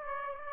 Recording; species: mosquito wingbeat signal from an infrared sensor; Aedes aegypti